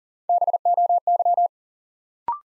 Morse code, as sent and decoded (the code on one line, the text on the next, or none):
-... --- -.--
BOY